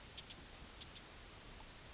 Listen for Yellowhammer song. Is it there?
no